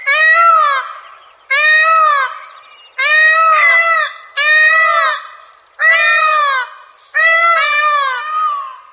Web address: indian peafowl